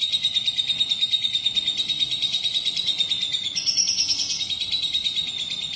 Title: BM Suara Burung Lovebird